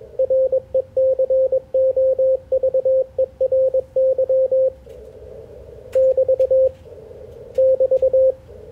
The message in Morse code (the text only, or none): RECOVERY <BT> <BT>